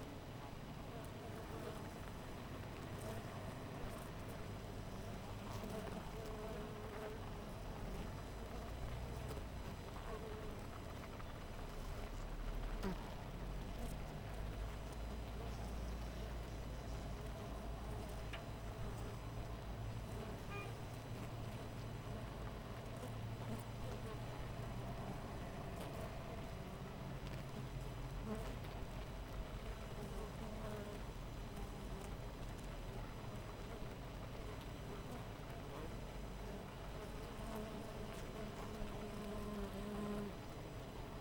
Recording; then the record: honeybee colony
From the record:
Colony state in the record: missing queen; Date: 14 July 2017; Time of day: 5:40